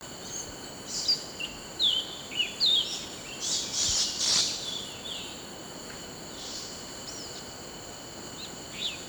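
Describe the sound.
Yellow-throated white-eye uttering scattered high, thin twittering notes and brief chips, with continuous insect whine in the background.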